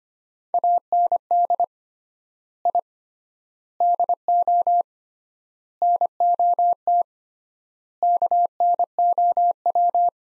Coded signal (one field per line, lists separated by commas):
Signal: Morse code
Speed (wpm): 25 wpm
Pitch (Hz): 700 Hz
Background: none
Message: AND I DO NOT KNOW